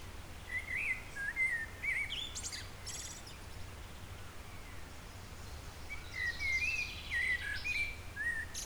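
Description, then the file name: Eurasian blackbird song: a mellow warbled phrase ending in a high squeaky flourish, then a pause and a second warbling phrase, with a low hum underneath. "Turdus merula"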